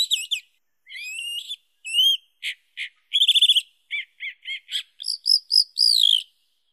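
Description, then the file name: Chalk-browed mockingbird song: a varied run of whistled slurs, short clicks, buzzy trills and bright high notes, over a quiet background. "sabia do campo"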